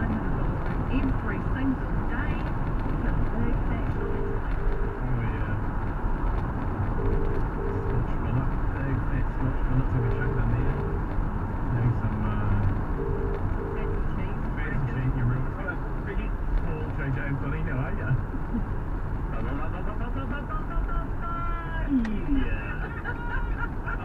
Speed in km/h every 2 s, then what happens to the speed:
72, 72, 72, 72, 71, 68, 66, 63, 60, 57, 55, 50.
0-9 steady at about 72. 9-24 slows to 50.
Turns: none.